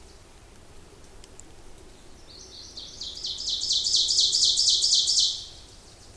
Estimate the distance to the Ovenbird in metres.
about 20 m